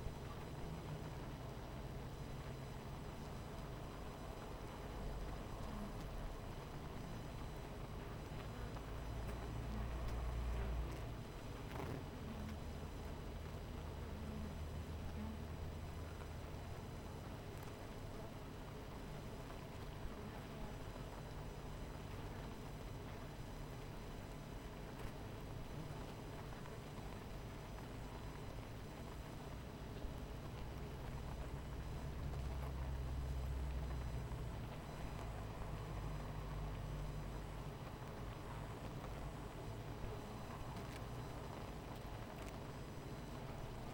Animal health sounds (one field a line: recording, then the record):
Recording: honeybee colony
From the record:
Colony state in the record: missing queen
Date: 14 July 2017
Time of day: 18:02